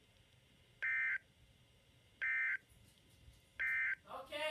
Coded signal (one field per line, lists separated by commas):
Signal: Emergency Alert System (SAME) tones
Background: speech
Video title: Special Marine Warning-(EAS #141)